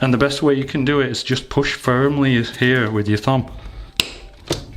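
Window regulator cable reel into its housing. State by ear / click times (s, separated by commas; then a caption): seated / 4.0 s. Someone talks while pushing the plastic cable reel of an E85/E86 Z4 electric window regulator firmly down with a thumb into its housing. At 4.0 s a sharp, loud pop is heard as the reel snaps into its seat, closing the visible gap. The reel is seated.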